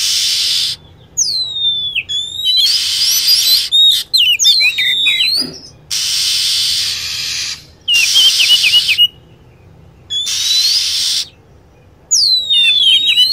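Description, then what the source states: Lovebird chatter, with sharp falling whistles and quick chirps broken by loud, rasping hiss-like bursts that come again and again. Lure recording used to attract lovebirds.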